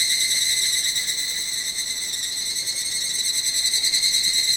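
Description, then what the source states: Higurashi cicada song: a loud, shrill, continuous ringing with a fast pulsing throb that stays steady throughout. Recorded in Yamanashi, Japan.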